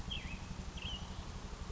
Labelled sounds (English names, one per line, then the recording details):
American Robin
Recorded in Sonoma County, California